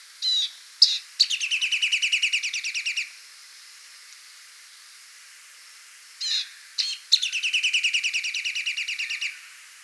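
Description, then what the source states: Rock nuthatch giving short calls followed by a fast, loud trill of repeated notes lasting about two seconds, then the whole phrase repeated after a pause. Song and calls.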